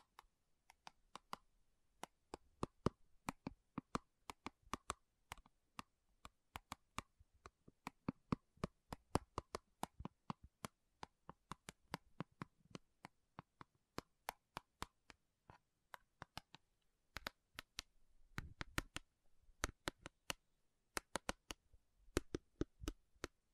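Slow tapping on metal, each strike a sharp, bright click with a short ring. The taps come irregularly, a few per second, sometimes in quick pairs or small clusters, over a nearly silent background with faint low rumble between hits.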